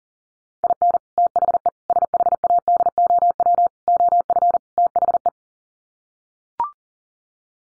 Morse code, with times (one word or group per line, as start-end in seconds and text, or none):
0.6-1.0 IN
1.2-1.7 THE
1.9-3.7 SHADOW
3.9-4.6 OF
4.8-5.3 THE